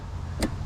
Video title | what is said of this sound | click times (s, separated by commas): EASIEST C4 Corvette Fuel Filter Replacement!! | These are easy, just push them on, you hear them click, click. | 0.4 s